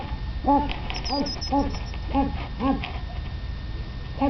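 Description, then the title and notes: Hedgehogs making short, arched piping squeaks in a loose series, then a longer pause before a last squeak, with low hum behind. A group of small hedgehogs. "Jeże. Stado małych jeży"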